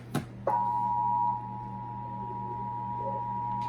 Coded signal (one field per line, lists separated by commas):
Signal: Emergency Alert System (SAME) tones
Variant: 853 and 960 Hz attention tone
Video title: Emergency alert system part 003